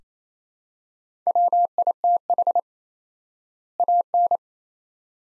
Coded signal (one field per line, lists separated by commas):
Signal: Morse code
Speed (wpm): 28 wpm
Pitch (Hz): 700 Hz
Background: none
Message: WITH AN